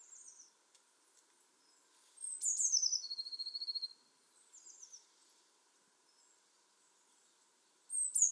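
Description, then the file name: Eurasian blue tit singing: a high thin introduction dropping into a rapid trill, then soft high notes, and another phrase starting at the end. "Cyanistes caeruleus"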